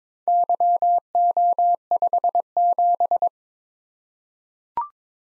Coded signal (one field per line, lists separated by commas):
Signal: Morse code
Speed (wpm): 22 wpm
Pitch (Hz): 700 Hz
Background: none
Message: YO57